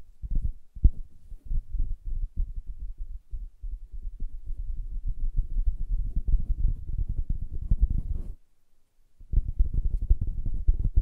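Soft, muffled tapping and scratching on a fabric surface, deep and dull with almost no brightness. The rubbing and patting runs in dense, irregular bursts, growing busier after the sixth second, then stops for about a second near the ninth before resuming.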